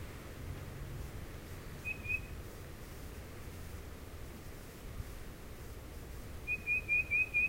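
Tufted titmouse: one lone whistled note early, then after a pause a rapid run of five clear whistles near the end, with soft background hiss.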